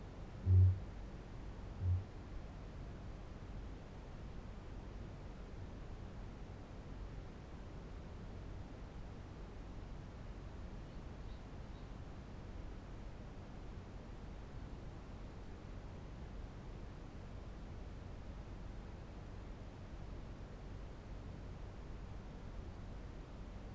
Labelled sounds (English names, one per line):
Kākāpō boom